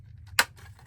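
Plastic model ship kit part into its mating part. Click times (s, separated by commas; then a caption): 0.4 s. Two parts of a vintage 1979 Revell USS Constitution plastic model ship kit, with male and female locating pins, are dry-fitted together. After a quiet lead-in, a single sharp snap is heard at 0.4 s as the part seats firmly into its mating part with a good fit.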